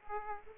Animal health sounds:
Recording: mosquito wingbeat signal from an infrared sensor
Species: Aedes aegypti

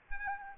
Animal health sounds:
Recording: mosquito wingbeat signal from an infrared sensor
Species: Aedes albopictus

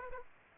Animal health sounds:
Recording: mosquito wingbeat signal from an infrared sensor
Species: Aedes aegypti

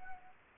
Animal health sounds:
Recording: mosquito wingbeat signal from an infrared sensor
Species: Anopheles gambiae

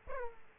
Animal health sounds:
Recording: mosquito wingbeat signal from an infrared sensor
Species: Aedes aegypti

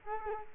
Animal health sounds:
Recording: mosquito wingbeat signal from an infrared sensor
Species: Culex quinquefasciatus

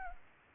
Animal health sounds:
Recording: mosquito wingbeat signal from an infrared sensor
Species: Culex pipiens

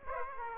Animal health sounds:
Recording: mosquito wingbeat signal from an infrared sensor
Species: Aedes aegypti

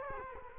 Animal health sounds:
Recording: mosquito wingbeat signal from an infrared sensor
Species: Culex quinquefasciatus

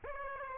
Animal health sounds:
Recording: mosquito wingbeat signal from an infrared sensor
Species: Aedes aegypti

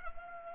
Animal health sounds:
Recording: mosquito wingbeat signal from an infrared sensor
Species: Culex pipiens

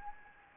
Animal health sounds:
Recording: mosquito wingbeat signal from an infrared sensor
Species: Anopheles gambiae

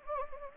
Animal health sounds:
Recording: mosquito wingbeat signal from an infrared sensor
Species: Anopheles gambiae

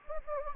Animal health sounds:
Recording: mosquito wingbeat signal from an infrared sensor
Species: Anopheles gambiae

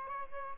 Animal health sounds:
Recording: mosquito wingbeat signal from an infrared sensor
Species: Aedes albopictus

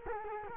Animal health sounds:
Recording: mosquito wingbeat signal from an infrared sensor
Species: Culex quinquefasciatus

